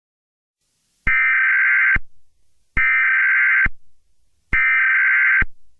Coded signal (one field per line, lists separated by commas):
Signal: Emergency Alert System (SAME) tones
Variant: header bursts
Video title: EAS Scenario #52: Winter Storm Of the Century: P1 (READ DESCRIPTION)